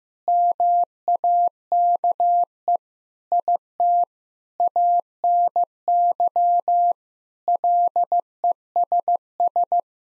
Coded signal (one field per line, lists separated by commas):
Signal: Morse code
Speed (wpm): 15 wpm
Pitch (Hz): 700 Hz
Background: none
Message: MAKE IT ANY LESS